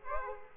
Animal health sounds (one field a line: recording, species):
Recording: mosquito wingbeat signal from an infrared sensor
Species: Aedes aegypti